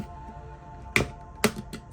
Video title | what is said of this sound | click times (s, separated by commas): PS VITA Slim 2001 Slim Orange Blinking Light Repair Guide (Battery Replacement) | And then we're going to hear a clicking sound like that. And then we know that the back has come off. | 1.0 s, 1.4 s, 1.7 s